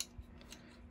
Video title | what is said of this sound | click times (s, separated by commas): Transformers Masterpiece MP-52 Starscream Version 2.0 Review!!! | and these kind of snap into place here getting them out a little | 0.0 s